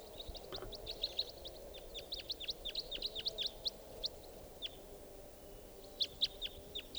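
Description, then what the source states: Red Crossbill flight calls: many short, sharp downward chips in quick bursts, thinning out after four seconds before a final burst near the end, over low steady hiss. Type 4, arriving.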